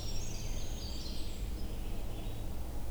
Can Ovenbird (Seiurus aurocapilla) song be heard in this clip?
no